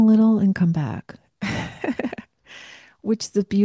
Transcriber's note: laughs